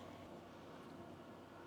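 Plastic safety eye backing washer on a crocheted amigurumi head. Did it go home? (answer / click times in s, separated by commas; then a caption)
no / none. A plastic safety eye backing washer is handled on a crocheted amigurumi head while the second eye is being fitted. Only a steady, low, broadband rumble is heard, with no sharp snap. Nothing has seated or clicked yet.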